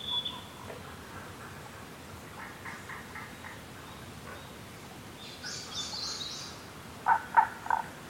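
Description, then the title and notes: Tago's brown frog giving a quick series of three low croaking notes near the end, after a bird's rapid high trill and softer chirps, over steady forest background hiss. Subspecies Rana tagoi tagoi, recorded in Kasugayama primeval forest, Nara, Japan, on 21 May 2017. "170521Rana tagoi tagoi in Kasugayama primeval forest by ototamari"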